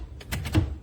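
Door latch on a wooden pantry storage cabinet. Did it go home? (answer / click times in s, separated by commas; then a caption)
yes / 0.6 s. A small latch on the lower door of an IFGET 71" tall arched modern fluted wooden kitchen pantry storage cabinet catches as the door is closed. A faint tap sounds at 0.2 s, followed by a firmer click at 0.6 s. The latch clicks shut and the door is seated.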